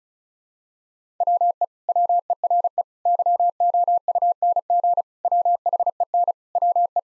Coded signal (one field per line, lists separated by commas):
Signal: Morse code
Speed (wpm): 36 wpm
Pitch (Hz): 700 Hz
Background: none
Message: WE WERE YOUNG WHEN WE